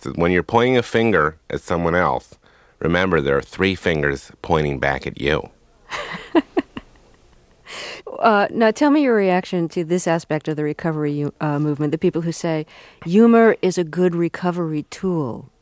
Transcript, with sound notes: He says, when you're pointing a finger at someone else, remember, there are three fingers pointing back at you.
(Laughter) Now, tell me your reaction to this aspect of the recovery movement, the people who say humor is a good recovery tool.